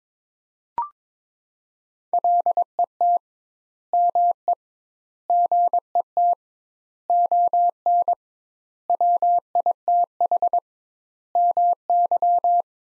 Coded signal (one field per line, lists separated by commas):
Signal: Morse code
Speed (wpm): 22 wpm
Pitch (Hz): 700 Hz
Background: none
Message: LET ME GET ON WITH MY